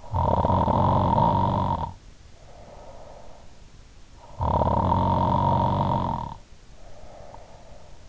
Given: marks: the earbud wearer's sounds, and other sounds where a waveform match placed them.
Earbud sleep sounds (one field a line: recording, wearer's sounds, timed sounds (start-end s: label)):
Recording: sounds in sleep by an in-ear microphone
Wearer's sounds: snoring breath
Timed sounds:
0.00-3.62 s: snoring breath
4.07-7.99 s: snoring breath